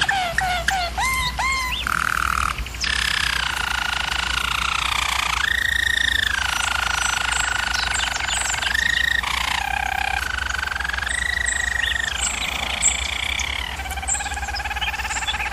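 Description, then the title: German Roller canary song, starting with quick rising chirps, then long rolling tones that step between pitches and hold steady for seconds at a time. German Roller canary singing, used for training canaries. "German Roller Canary Singing - Canary Training Vid"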